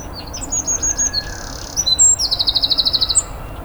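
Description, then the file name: Eurasian wren song, shrill and hurried: piping notes, a brief buzzy burst, then a fast mechanical trill lasting about a second before a final high note. "Troglodytes troglodytes"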